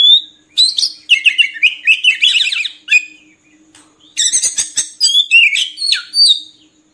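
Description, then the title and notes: Oriental magpie-robin song of rapid chattering, buzzy and whistled notes in two dense bursts separated by a brief quiet gap. Song used for training caged birds to sing actively day and night. "Kacer Jadi Gacor Siang Malam. Isian Kacer Durasi Panjang"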